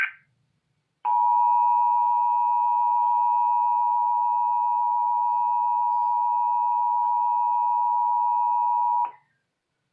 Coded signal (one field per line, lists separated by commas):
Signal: Emergency Alert System (SAME) tones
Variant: 853 and 960 Hz attention tone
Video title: EAS - Thunderstorm warning 5-1-2018